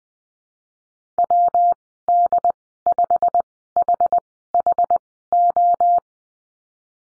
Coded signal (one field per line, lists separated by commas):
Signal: Morse code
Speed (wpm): 21 wpm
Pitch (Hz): 700 Hz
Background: none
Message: WD5HHO